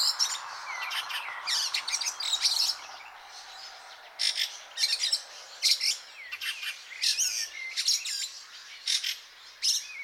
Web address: chant xeno-canto grive litorne